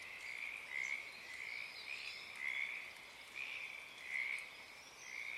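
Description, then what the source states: Pacific tree frog chorus swelling and fading in repeated pulses, with quieter croaking between. Wild field recording, Oaks Bottom Wildlife Refuge, Portland, Oregon, USA; morning of Friday, April 7, 2023; chorus starting and stopping, uncommon at that time of day.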